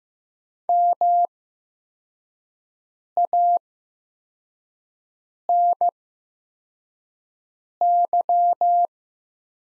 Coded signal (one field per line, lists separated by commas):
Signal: Morse code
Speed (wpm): 15 wpm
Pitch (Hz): 700 Hz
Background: none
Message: MANY